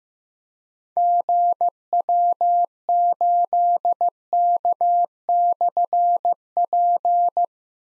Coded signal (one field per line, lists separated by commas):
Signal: Morse code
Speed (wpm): 15 wpm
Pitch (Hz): 700 Hz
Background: none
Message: GW8K/P